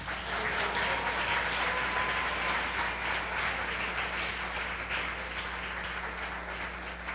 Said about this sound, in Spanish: Denle un aplauso a Jesús.